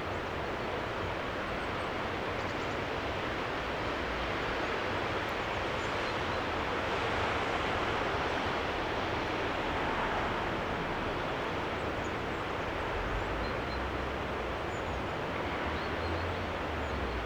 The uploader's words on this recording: Soundscape - Lauterbach Church. At the cemetery with the view of the church.